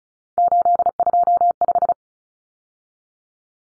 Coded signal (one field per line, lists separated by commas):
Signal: Morse code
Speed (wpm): 34 wpm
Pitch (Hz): 700 Hz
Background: none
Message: 825